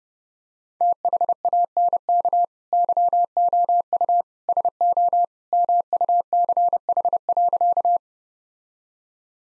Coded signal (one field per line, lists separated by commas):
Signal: Morse code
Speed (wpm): 32 wpm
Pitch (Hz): 700 Hz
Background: none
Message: THANK YOU SO MUCH.